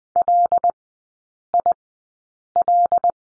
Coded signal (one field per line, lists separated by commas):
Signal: Morse code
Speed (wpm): 20 wpm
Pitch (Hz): 700 Hz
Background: none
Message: LIL